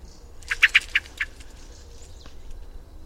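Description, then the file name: Common blackbird giving a quick run of five sharp, clucking call notes in about a second, then a quiet stretch with faint high background chirps. "Turdus merula"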